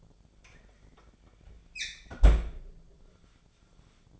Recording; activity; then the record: daily activity, microphone in the room; close fridge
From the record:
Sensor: 5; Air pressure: 1009.8 hPa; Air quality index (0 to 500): 162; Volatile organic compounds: 4 ppm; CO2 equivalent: 1576 ppm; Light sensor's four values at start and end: 125/319/134/142 and 123/315/132/140